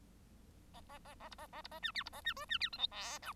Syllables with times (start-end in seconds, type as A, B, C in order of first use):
0.73-0.81 A, 0.89-0.98 A, 1.04-1.15 A, 1.20-1.29 A, 1.31-1.35 B, 1.38-1.47 A, 1.52-1.62 A, 1.64-1.68 B, 1.71-1.79 A, 1.82-1.91 C, 1.94-2.03 D, 2.05-2.10 B, 2.12-2.21 A, 2.24-2.33 C, 2.36-2.45 E, 2.49-2.58 C, 2.60-2.69 D, 2.72-2.78 F, 2.78-2.87 G, 2.91-3.18 H, 3.22-3.33 I